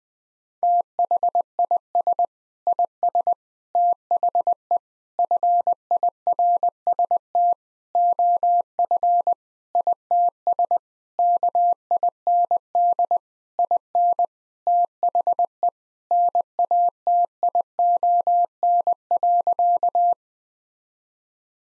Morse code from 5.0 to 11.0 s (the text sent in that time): FIRST OF ITS